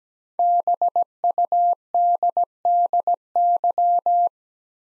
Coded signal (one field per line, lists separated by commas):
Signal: Morse code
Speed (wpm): 17 wpm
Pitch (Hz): 700 Hz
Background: none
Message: BUDDY